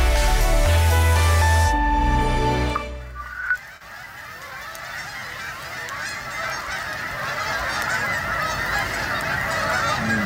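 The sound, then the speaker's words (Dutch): Canada geese honk repeatedly in harsh, nasal calls over a steady wash of background noise, following a few seconds of sustained, droning tones at the start. “De Canadese gans is van oorsprong een trekvogel.”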